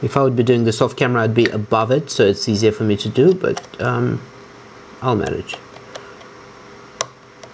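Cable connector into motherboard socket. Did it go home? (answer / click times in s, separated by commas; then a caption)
yes / 7.0 s. In a 2012 Mac mini having a second drive installed, someone talks while pressing a cable connector down by hand into its motherboard socket. After a quiet pause and a faint tick near 6.0 s, a sharp click at 7.0 s shows the internal connector seating.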